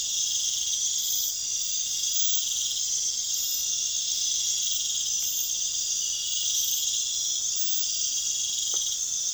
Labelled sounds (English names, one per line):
none